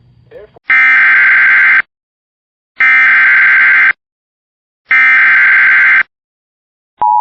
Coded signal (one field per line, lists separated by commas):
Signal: Emergency Alert System (SAME) tones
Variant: header bursts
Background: speech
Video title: Giving My WR300 a Peanut Butter and Jelly Sandwich! EAS Alerts from 6/14/2026 (EAS 302-328)